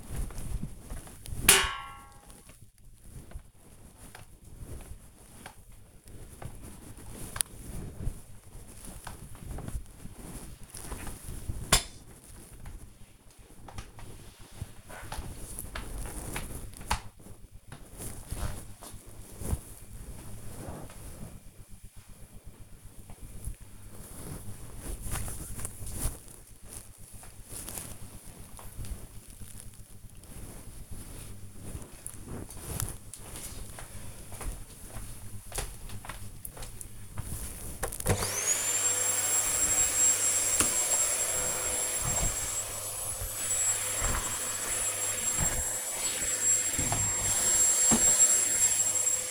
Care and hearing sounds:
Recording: household activities, microphone on the right wrist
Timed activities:
0.00-16.28 s: floor cleaning
39.48-49.31 s: vacuum cleaning

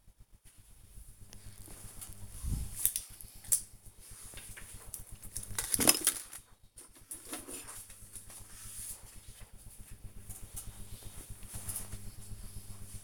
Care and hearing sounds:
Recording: household activities, microphone on the right wrist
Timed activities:
0.00-13.04 s: sorting documents

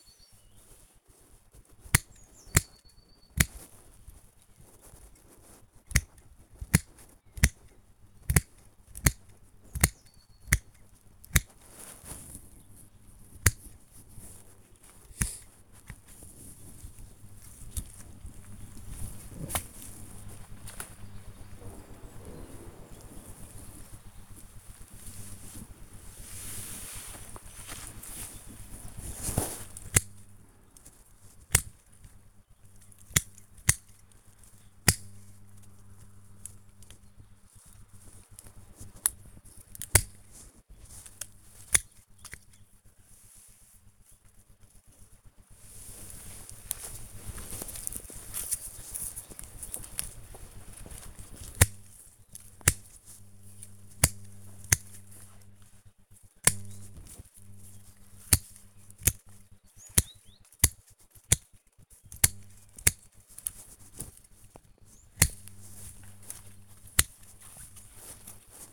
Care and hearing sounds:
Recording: household activities, microphone on the right wrist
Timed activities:
0.00-68.73 s: cutting wood

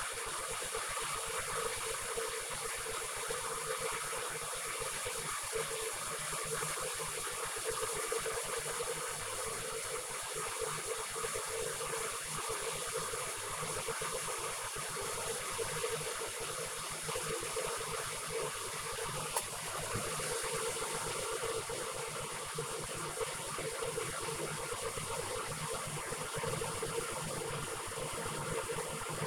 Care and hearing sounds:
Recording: household activities, microphone on the right wrist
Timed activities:
0.00-29.27 s: making tea

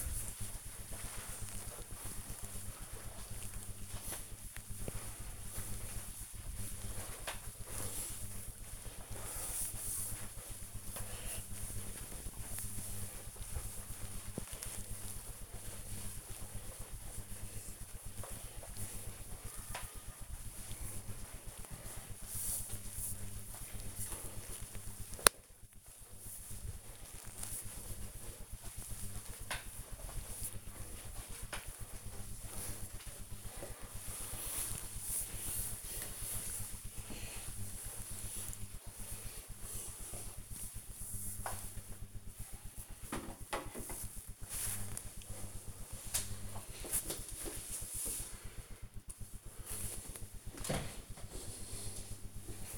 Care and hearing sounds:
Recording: household activities, microphone on the right wrist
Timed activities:
0.00-41.52 s: floor cleaning

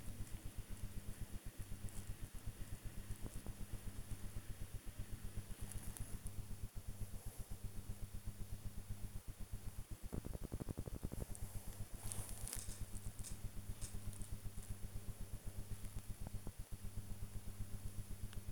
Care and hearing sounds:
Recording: household activities, microphone on the right wrist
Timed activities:
0.00-18.52 s: working on the computer

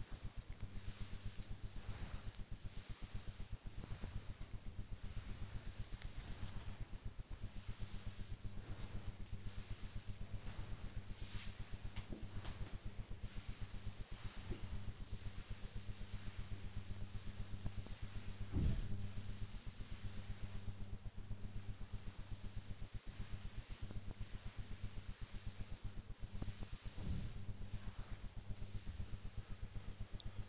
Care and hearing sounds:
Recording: household activities, microphone on the right wrist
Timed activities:
0.00-5.84 s: petting the dog
8.86-30.49 s: petting the dog

